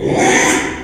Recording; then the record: squeal of a Yucatan mini pig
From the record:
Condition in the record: after surgery on the right vocal fold (resection and tissue-engineered implant); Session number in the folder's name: 3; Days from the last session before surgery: 33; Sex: male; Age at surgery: 12 weeks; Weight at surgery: 13 kg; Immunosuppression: cyclosporine, prednisolone